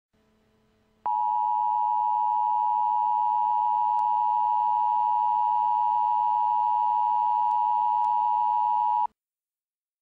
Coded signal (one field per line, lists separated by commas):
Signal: Emergency Alert System (SAME) tones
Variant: 853 and 960 Hz attention tone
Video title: Blizzard Warning: Boston, MA (1/25/15)